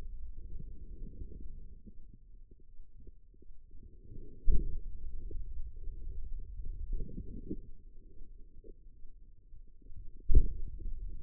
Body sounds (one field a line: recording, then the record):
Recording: forearm muscle sounds (acoustic myography)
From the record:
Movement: pen grasping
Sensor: system 2, bracelet of six BSWA MPA416 microphones around the upper forearm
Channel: 3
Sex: female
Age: 25 years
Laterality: right